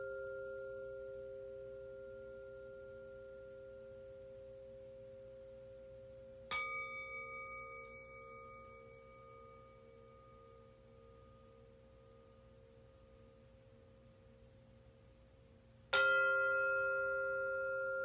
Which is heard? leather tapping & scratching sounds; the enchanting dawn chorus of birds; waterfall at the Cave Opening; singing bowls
singing bowls